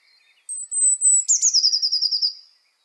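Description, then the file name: Eurasian blue tit singing a single phrase, a high piping note leading into a fast, slightly falling trill, with faint calls beforehand. "Cyanistes caeruleus"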